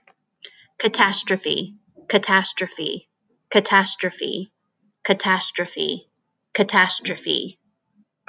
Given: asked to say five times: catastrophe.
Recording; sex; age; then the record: repeated word; female; 30 to 39 years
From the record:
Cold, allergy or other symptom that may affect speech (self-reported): no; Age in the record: 33 years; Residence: Virginia, United States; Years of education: 17